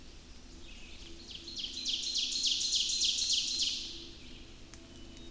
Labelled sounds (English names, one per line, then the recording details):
Ovenbird song
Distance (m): 45 m
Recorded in boreal forest in Alberta, Canada, on 28 May 2016 at 06:17
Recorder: SongMeter 3, array SBT-3-49
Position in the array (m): 77 m, 237 m
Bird 14